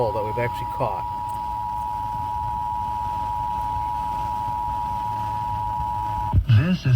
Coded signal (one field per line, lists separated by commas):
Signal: Emergency Alert System (SAME) tones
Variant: 853 and 960 Hz attention tone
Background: speech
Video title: 2023 National EAS test